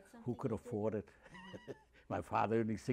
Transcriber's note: chuckles